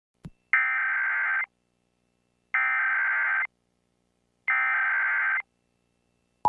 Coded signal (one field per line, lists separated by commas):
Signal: Emergency Alert System (SAME) tones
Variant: header bursts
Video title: EAS Ongoing To Final Moments Of Alert